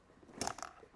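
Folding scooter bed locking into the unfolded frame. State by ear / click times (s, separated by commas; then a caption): seated / 0.4 s, 0.6 s. After its lever is released, the bed of a folding mobility scooter is moved from the flat position into the open position as the scooter is unfolded. Sharp latch clicks come at 0.4 s and 0.6 s, and the bed locks into the unfolded frame and is engaged.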